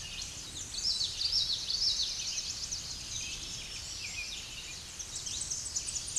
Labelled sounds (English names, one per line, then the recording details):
Common Yellowthroat song
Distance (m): 25 m
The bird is about 5 m below the microphone
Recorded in a Pennsylvania forest on 16 May 2024 at 07:12
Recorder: AudioMoth, point MSD-1293
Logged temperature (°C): 12.0 °C
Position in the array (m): 33 m, 150 m